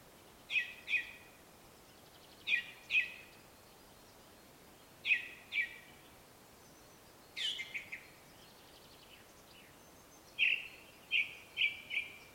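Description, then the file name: Ring ouzel song: paired or tripled clear piping notes repeated every two to three seconds, with one scratchier twittering phrase midway. Song recorded in Slovakia with an Olympus LS-11 recorder. "Turdus Torquatus Song Slovakia"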